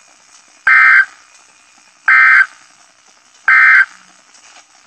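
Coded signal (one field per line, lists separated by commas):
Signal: Emergency Alert System (SAME) tones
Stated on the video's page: Severe thunderstorm and tornado warnings from a NOAA weather radio station.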